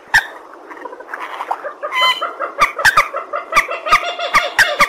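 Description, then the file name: Purple swamphen calling with a rough, cackling series of nasal notes that build into quick repeated honks, with scattered sharp clicks. "tieng trich re keu"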